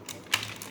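A plastic part is plugged into a Transformers Combiner Wars Devastator combined robot toy and seats with one loud, sharp snap at 0.3 s. Softer small clicks come before and after it at 0.1, 0.6 and 0.7 s. No one talks during the clip.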